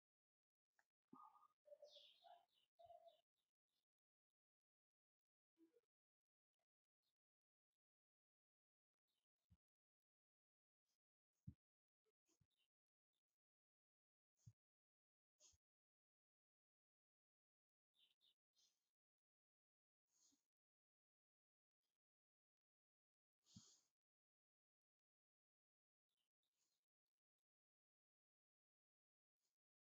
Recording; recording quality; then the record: shallow breathing; excellent, no background noise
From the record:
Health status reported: healthy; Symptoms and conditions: hypertension, diabetes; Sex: female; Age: 62 years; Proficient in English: yes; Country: India